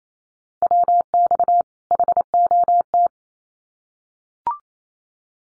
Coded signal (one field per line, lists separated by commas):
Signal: Morse code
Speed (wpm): 28 wpm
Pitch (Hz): 700 Hz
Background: none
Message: WX HOT